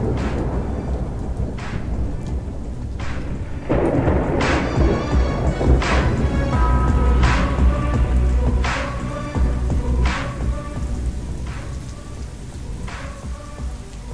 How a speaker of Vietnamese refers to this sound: Đây là cơn mưa rừng đầu tiên trong năm của vùng núi Strika. Mưa ào ào như trút, những hạt mưa to như hạt đậu trong cơn cuồng phong sầm sập rơi xuống, làm thành những chiếc roi quật vun vút xuống mặt đất.